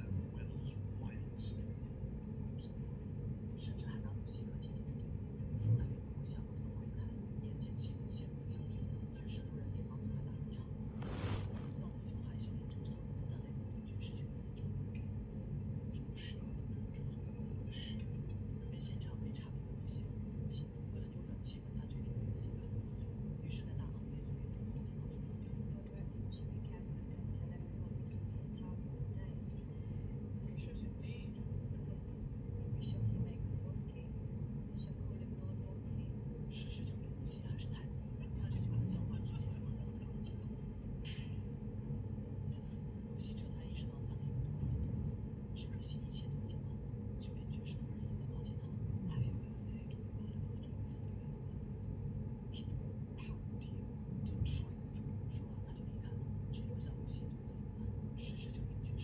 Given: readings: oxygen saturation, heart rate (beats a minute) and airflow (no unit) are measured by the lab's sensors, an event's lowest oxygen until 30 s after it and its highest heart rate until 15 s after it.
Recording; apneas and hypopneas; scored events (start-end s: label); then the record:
a person awake in a sleep study, by a smartphone at the bedside; none
0.00-59.04 s: awake
0.00-59.04 s: awake
From the record:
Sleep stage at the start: awake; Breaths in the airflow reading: 23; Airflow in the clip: -0.7 to 0.6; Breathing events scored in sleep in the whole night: 496 in 5.4 hours asleep